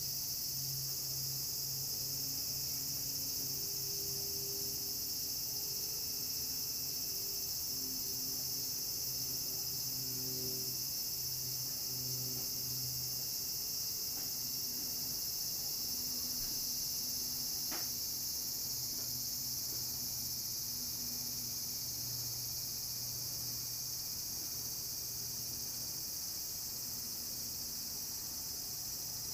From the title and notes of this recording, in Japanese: 洗濯機が止まるまで庭を録ってみた。中盤あたりから騒がしくなります(セミのせい)。